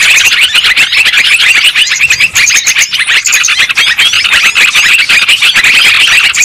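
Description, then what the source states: Lovebirds squawking and chirping together, a thick wall of high, shrill, fast notes that never stops. Lure sound (pikat) for trapping lovebirds.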